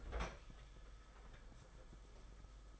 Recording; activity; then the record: daily activity, microphone in the room; open fridge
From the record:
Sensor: 5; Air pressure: 991.1 hPa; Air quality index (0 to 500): 117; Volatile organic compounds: 36 ppm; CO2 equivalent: 3072 ppm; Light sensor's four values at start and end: 33/106/40/43 and 34/106/41/43